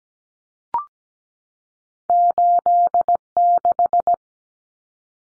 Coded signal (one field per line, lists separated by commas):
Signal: Morse code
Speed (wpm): 17 wpm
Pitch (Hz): 700 Hz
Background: none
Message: 86